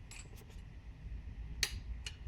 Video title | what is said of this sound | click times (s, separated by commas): Spin-on Oil Filter Conversion | there's that happy little click | 1.6 s